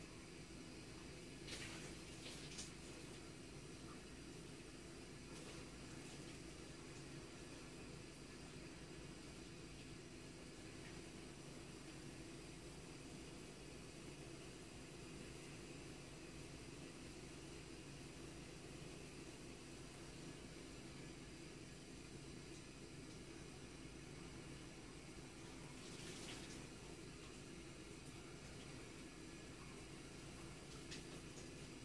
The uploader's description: opening and closing of various tops, cutting newspaper and shower sounds from a distance